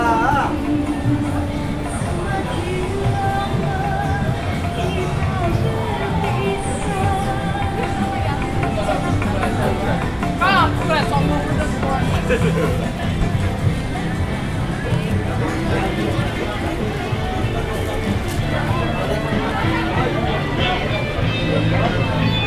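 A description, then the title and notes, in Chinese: Crowd chatter fills the east exit of Taipei Station, where Indonesian workers gather on holidays. Many voices overlap in a steady, dense babble with no pauses, and occasional brighter calls or laughs rise above it, around ten seconds and near the end. 在台北的印尼_北平西路。在台北車站東三門出口,是在台工作的印尼朋友假日聚集之地。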